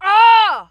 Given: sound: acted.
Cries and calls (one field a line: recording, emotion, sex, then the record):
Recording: nonverbal affect burst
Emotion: anger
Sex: female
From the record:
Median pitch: 407 Hz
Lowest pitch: 160 Hz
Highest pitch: 468 Hz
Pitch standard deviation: 103 Hz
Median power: 80.6 dB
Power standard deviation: 15.0 dB